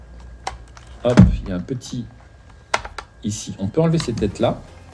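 Someone talks while handling a plastic portable flash body after taking off its standard speedlight head, getting ready to clip an interchangeable bare-bulb studio-style head onto it. Short, sharp handling taps come near 0.5 s and 2.7–3.0 s between the talking. Nothing has seated or clicked yet.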